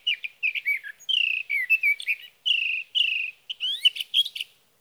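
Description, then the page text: Sage thrasher pouring out a long, nearly continuous warbling song of varied slurred phrases, ending in sharper, buzzier notes; nothing else audible. Male singing through the night near his night roost, Sierra Valley, California, evening of June 12 to morning of June 15, 2018; recorded with a Swift recorder. "Sage thrasher songs, through the night. from the evening of June 12 to the morning of June 15, 2018, in Sierra Valley, California"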